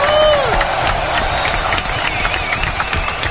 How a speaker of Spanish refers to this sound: Un aplauso muy grande para los chicos del Círculo Eco.